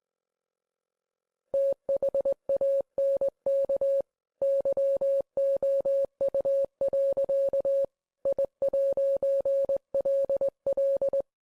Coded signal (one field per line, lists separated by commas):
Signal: Morse code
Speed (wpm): 20 wpm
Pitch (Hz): 550 Hz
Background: music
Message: THANK YOU. I'LL